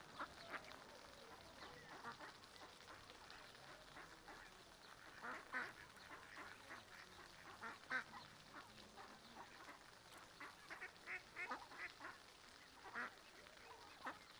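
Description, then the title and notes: Mallard calls, a steady string of short quacks and chatter throughout, with water noise behind. Adults, half-grown and small ducklings with mothers on a small river in a park in Griñón, Madrid, Spain, Sunday afternoon; excited when people feed them; adolescent ducklings beg for food; Zoom H1n recorder. "Paseo de la Senda, Griñón, Madrid, España - Tarde en el parque del río con patos. patos griñon. Ánade Real (Anas platyrhynchos)"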